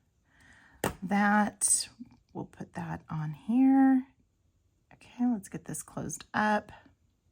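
A metal jump ring on a beaded necklace is handled with pliers as it is being closed, while someone talks. The clip ends before the ring locks, so nothing has clicked or seated yet.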